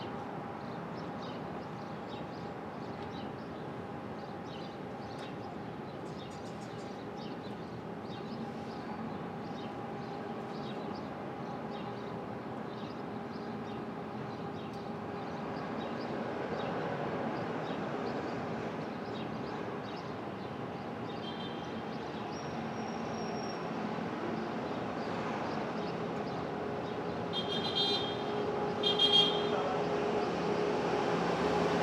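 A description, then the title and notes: Street traffic at dawn rumbles steadily with a low drone and faint hum, swelling slightly after fifteen seconds, with brief squeaks near thirty seconds. Brooklyn Dawn. Street Traffic.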